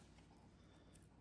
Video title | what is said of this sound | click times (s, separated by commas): Warn Manual Locking Hubs on a Power Wagon (What You Need to Know) | just comes up and locks into place. | 1.0 s